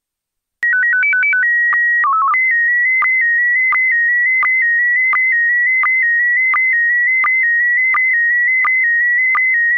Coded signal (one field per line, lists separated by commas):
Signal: SSTV (slow-scan television)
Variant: PD 90